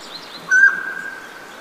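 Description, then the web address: Mountain quail giving one loud, clear note lasting about a quarter second, its ringing tail fading over the next second against faint background hiss. "Songs of Birds of North America Know Your Bird Sounds Common Western Species. Mountain Quail"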